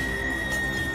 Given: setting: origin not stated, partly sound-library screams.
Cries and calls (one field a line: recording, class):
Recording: one-second piece from a danger detection set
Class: woman in danger